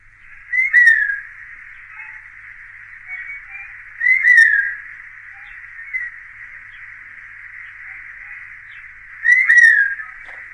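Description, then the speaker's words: Forest buzzard calling: clear, descending 'pew' whistles repeated several seconds apart over a steady hiss. Clear, repeated 'pew' call, familiar around Cape Town; it tells the species apart from the similar-looking, usually silent Steppe Buzzard. "those of us living in and around Cape Town will recognise the characteristic and distinctive clear and repeated "pew" of the forest buzzard"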